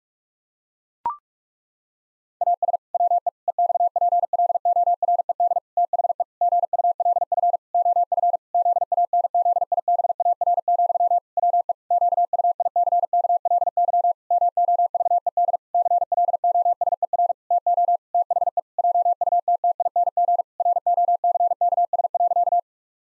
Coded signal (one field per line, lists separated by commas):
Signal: Morse code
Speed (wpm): 46 wpm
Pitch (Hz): 700 Hz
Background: none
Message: AS WE EXPLORED THE GULF OF ZANZIBAR, WE QUICKLY MOVED CLOSER TO THE JUTTING ROCKS.